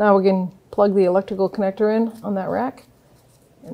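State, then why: Not seated. An electrical connector is being plugged into the power steering rack of a 2009-2014 Nissan Maxima while someone talks throughout. Nothing has seated or clicked yet. The clip ends just before the connector goes home, with only faint low handling noise at the end.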